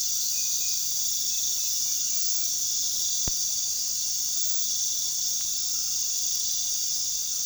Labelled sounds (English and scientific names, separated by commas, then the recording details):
none
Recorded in pastures near Puerto Asís, Putumayo, Colombia, on 20 February 2024 at 02:00
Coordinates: 0.468, -76.328
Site G6414